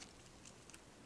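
Small plastic buckle halves on the belt of a 1/6 scale Easy & Simple HRT Minuteman action figure are handled as they are brought together to fasten the belt. Two quiet, brief ticks are heard at about 0.7 s over a low, steady background. The clip ends before the buckle goes home, so nothing has seated or clicked yet.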